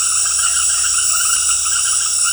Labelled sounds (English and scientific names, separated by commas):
none